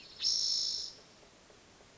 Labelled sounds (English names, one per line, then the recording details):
Spotted Towhee
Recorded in Sonoma County, California